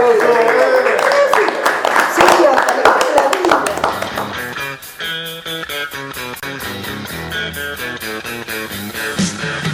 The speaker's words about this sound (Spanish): ¡Bien! Bueno, un aplauso.